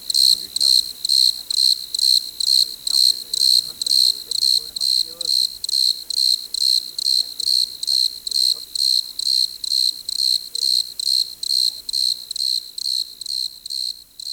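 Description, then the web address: Desert crickets in chorus, a high shrill chirping pulsing in steady beats about twice a second throughout, with no other clear sounds. "Dr Sound Effects. Chorus of Desert Crickets"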